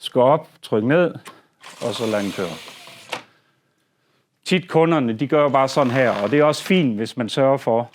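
A fitter presses down on the bottom rail of a window roller insect screen held in its side-guide catches so the catches let go and the screen can roll up. Someone talks, and a single sharp click is heard at 3.1 seconds as the bottom bar latch releases.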